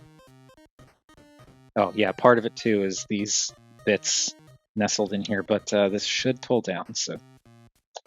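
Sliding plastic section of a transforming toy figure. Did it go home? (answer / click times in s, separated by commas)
yes / 8.0 s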